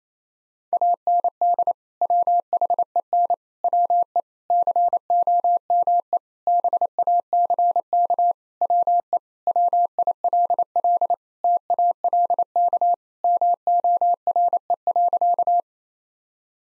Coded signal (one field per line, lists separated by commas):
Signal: Morse code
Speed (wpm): 28 wpm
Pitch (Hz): 700 Hz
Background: none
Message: AND WHEN WE COME BACK WE WILL TALK MORE.